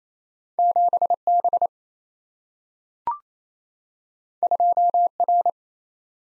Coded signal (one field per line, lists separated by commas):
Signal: Morse code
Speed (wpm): 28 wpm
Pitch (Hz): 700 Hz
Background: none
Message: 7B 2R